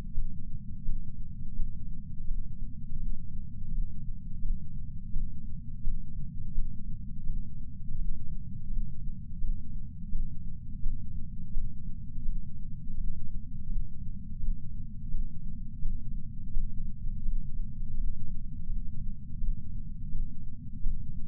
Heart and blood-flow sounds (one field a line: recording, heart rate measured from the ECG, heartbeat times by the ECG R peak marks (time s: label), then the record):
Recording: heart sounds by patch sensor on the chest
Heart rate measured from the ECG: 84 bpm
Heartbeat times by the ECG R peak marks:
0.12 s: heartbeat
0.83 s: heartbeat
1.54 s: heartbeat
2.25 s: heartbeat
2.97 s: heartbeat
3.68 s: heartbeat
4.40 s: heartbeat
5.11 s: heartbeat
5.82 s: heartbeat
6.53 s: heartbeat
7.24 s: heartbeat
7.95 s: heartbeat
8.67 s: heartbeat
9.39 s: heartbeat
10.10 s: heartbeat
10.81 s: heartbeat
11.52 s: heartbeat
12.23 s: heartbeat
12.94 s: heartbeat
13.66 s: heartbeat
14.38 s: heartbeat
15.09 s: heartbeat
15.80 s: heartbeat
16.51 s: heartbeat
17.23 s: heartbeat
17.94 s: heartbeat
18.66 s: heartbeat
19.38 s: heartbeat
20.09 s: heartbeat
20.81 s: heartbeat
From the record:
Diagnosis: coronary artery disease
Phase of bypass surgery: postoperative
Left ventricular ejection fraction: 68.7%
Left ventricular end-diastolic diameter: 42 mm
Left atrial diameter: 41 mm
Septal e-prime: 3.9 cm/s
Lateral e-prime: 4.9 cm/s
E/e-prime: 19.8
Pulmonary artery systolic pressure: 30 mmHg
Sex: female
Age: 73 years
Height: 160 cm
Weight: 70 kg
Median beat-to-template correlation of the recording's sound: 0.85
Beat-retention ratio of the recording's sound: 0.98